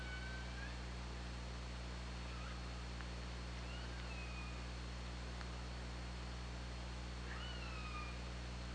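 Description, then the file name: Orca calls: several short upswept and curving tonal calls with harmonics, spaced a few seconds apart, over constant underwater hiss and a steady low hum. Hydrophone, 24 August 2017, 22:15. "Orca Lab"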